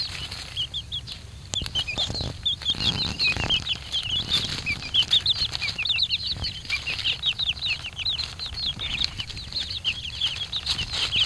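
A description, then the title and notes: Silky chicks peep in dense, rapid high chirps throughout, over steady rustling and scratching in leaf litter with brief louder rustles near three seconds. Silky Chicks enjoying leaf litter under pruned bushes.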